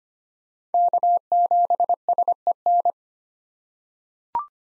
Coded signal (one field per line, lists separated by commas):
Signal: Morse code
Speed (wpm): 25 wpm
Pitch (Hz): 700 Hz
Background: none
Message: K7SEN